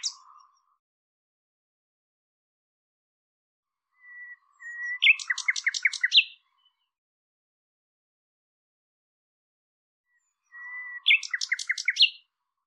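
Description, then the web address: Bird repeating the same phrase twice, about six seconds apart: a short thin whistle, then a rapid series of sweeping chirping notes. "cianscape birddata Deverinetal 2025"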